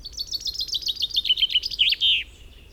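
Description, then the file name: Common chaffinch singing a brisk, rattling series of high notes lasting about two seconds, gently falling in pitch and ending in a loud terminal flourish. "Fringilla coelebs"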